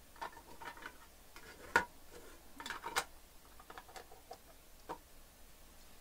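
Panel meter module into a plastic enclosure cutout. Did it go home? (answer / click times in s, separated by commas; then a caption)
yes / 1.8 s. A small USB panel meter module is pressed into a cutout in a plastic project box and pops into place with a sharp click at 1.8 s. Light ticks and handling clicks come before and after, with another clear tick near 3.0 s. The meter is seated, though it still rattles a little, so hot glue is to be added to hold it.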